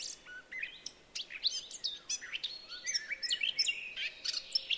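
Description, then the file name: Eurasian blackcap warbling song, a varied jumble of quick chirps and short whistled notes at moderate loudness over a faint steady background hiss. "Sylvia atricapilla"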